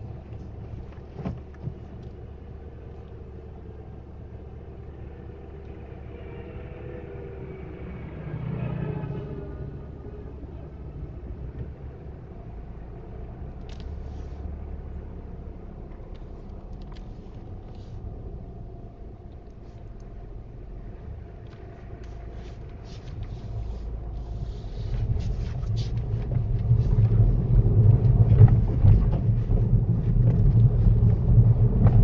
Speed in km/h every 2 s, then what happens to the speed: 0, 0, 0, 0, 0, 0, 0, 0, 0, 0, 0, 0, 10, 19, 18, 24.
0-23 standing. 23-26 pulls away to 19. 29-32 speeds up to 24.